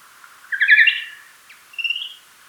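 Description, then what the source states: Nathusius's pipistrelle social call: a harsh, harmonic trilled burst followed by a shorter, higher buzzy note, over a faint steady hiss. Social call, recorded at Hostens on 6 May 2016.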